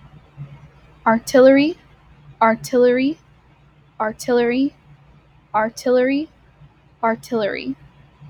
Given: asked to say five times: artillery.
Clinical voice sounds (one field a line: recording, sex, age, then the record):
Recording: repeated word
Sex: female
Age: 18 to 19 years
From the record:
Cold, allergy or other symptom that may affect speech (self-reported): no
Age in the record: 19 years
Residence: California, United States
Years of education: 14